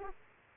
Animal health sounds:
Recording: mosquito wingbeat signal from an infrared sensor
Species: Aedes aegypti

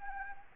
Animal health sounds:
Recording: mosquito wingbeat signal from an infrared sensor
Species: Anopheles arabiensis

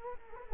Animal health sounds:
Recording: mosquito wingbeat signal from an infrared sensor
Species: Culex quinquefasciatus

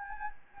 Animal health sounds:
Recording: mosquito wingbeat signal from an infrared sensor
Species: Anopheles gambiae

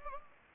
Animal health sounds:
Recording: mosquito wingbeat signal from an infrared sensor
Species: Anopheles gambiae

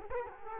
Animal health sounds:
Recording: mosquito wingbeat signal from an infrared sensor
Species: Culex quinquefasciatus

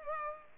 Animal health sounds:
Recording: mosquito wingbeat signal from an infrared sensor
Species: Culex pipiens

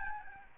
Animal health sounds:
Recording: mosquito wingbeat signal from an infrared sensor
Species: Aedes albopictus

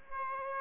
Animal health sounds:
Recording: mosquito wingbeat signal from an infrared sensor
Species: Aedes aegypti

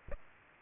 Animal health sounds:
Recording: mosquito wingbeat signal from an infrared sensor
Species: Aedes aegypti

